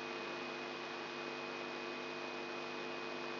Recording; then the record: brain microelectrode recording played as sound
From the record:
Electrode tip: inside the subthalamic nucleus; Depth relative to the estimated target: 3 mm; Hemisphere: right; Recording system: AlphaMap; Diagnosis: Parkinson's disease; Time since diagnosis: 14 years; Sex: female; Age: 63 years